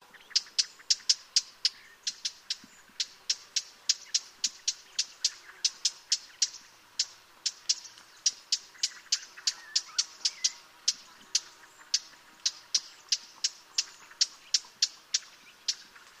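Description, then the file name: Eurasian blackcap giving hard tacking calls: sharp, dry clicks repeated steadily about three times a second throughout, over a faint low background rumble. "Sylvia atricapilla"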